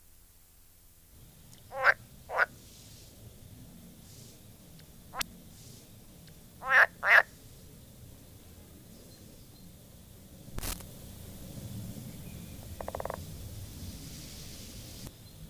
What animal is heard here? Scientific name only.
Pelophylax esculentus